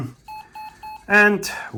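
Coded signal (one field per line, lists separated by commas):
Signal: none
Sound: phone's startup beeps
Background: speech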